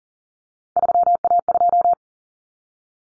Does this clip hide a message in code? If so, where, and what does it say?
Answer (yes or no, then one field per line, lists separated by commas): yes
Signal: Morse code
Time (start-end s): 0.8-1.9 s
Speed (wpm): 40 wpm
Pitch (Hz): 700 Hz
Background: none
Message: 3A2